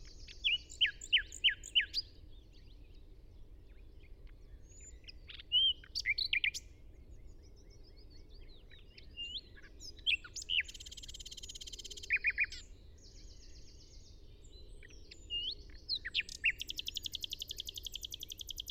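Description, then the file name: Common nightingale song over a long stretch: varied phrases of clicks, whistles and buzzy rattles separated by pauses, with faint steady background noise throughout. "Luscinia megarhynchos"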